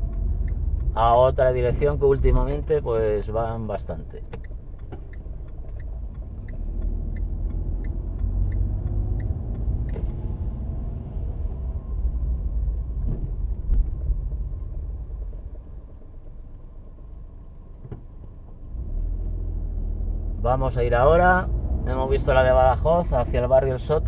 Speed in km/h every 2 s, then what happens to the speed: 19, 10, 5, 8, 13, 18, 15, 5, 0, 0, 15, 1.
0-4 brakes to 5. 4-9 speeds up to 18. 12-16 brakes to 0. 16-18 standing. 21-24 standing.